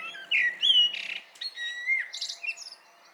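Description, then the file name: Common blackbird song: a quick run of fluted whistles mixed with high, squeaky and rasping notes in one continuous phrase. "Turdus merula"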